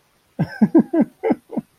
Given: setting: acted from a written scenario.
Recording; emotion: vocal sound without words; amusement